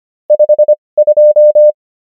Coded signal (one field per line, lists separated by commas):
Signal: Morse code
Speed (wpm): 25 wpm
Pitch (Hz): 600 Hz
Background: none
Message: 52